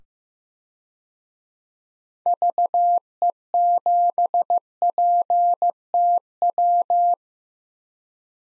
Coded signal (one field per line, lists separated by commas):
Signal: Morse code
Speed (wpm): 15 wpm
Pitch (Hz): 700 Hz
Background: none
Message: VE7PTW